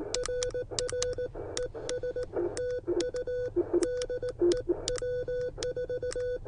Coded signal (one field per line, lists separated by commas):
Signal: Morse code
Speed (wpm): 18 wpm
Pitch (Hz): 500 Hz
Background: radio noise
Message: RR ES TU DE W4